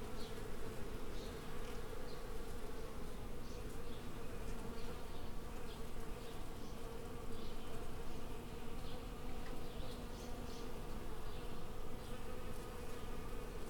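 Bees buzzing as a swarm, a dense steady drone with a strong low band, constant throughout, with faint higher whines of individual bees passing.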